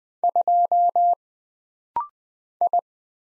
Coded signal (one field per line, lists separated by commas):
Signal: Morse code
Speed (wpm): 20 wpm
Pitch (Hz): 700 Hz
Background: none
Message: 2 I